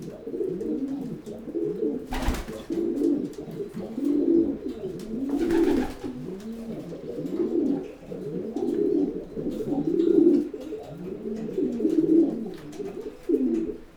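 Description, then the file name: Pigeon cooing, a deep burbling coo rising and falling in repeated arched phrases every second or so, broken by two sharp thumps. "holub"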